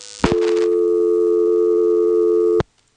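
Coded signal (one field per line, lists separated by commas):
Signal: telephone call progress tone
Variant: North America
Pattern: dial tone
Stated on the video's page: Step-by-step telephone exchange with directors, Elizabeth City NC area, 1977.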